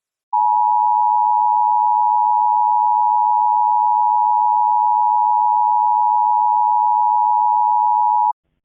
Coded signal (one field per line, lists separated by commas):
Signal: Emergency Alert System (SAME) tones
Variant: 853 and 960 Hz attention tone